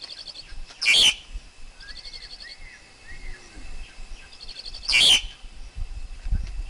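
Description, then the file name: Black-collared Starling giving two loud, harsh, scratchy bursts about four seconds apart, with faint buzzy notes and soft arched whistles in between. Wild forest bird's song, used for teaching young birds to sing. "Tieng chim ca cuong rung tap chim con hot"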